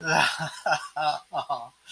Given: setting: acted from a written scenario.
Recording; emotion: vocal sound without words; adoration